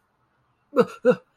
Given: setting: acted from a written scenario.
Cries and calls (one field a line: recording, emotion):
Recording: vocal sound without words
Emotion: distress